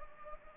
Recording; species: mosquito wingbeat signal from an infrared sensor; Anopheles gambiae